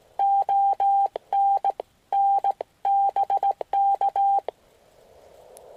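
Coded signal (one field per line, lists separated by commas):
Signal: Morse code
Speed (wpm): 18 wpm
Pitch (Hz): 790 Hz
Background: none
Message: ONN BK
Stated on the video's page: Winter Field Day 2016 operation.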